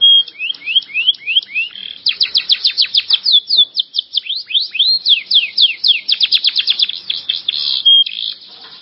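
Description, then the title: Canary delivering nonstop song, strings of rising slurred notes and rapid pulsed trills repeated several times a second. "Kenari"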